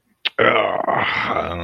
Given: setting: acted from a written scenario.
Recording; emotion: vocal sound without words; anger